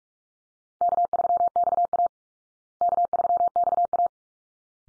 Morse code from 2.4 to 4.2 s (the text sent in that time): K3XA